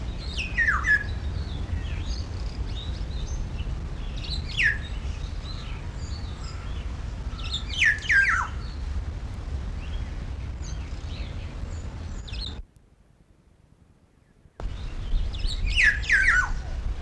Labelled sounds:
Black-naped Oriole
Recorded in captivity
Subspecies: celebensis
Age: adult
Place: Zoo Berlin, Berlin, DE
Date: 1994-08-06 12:38
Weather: wolkig bis heiter, 24-28°C
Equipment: Marantz CP 430, Sennheiser ME 80, Kopie Uher Variocord 263
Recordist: Tembrock, Günter

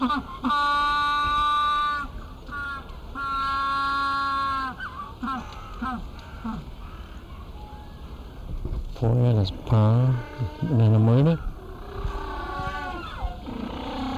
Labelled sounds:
African Penguin call
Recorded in captivity
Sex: group
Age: diverse
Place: Zoo Berlin, Berlin, DE
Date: 1996-01-06 14:28
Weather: bedeckt, -4°C
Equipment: Sony WM-D6C, Sennheiser ME 80, Kopie Uher 4000 Report Monitor
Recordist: Tembrock, Günter

